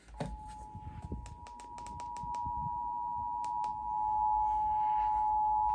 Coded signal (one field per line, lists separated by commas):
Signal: Emergency Alert System (SAME) tones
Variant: 853 and 960 Hz attention tone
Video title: SVR Madness 2 (EAS Alerts from 9/4/22) (EAS #462-476) (Monsoon EAS #178-192)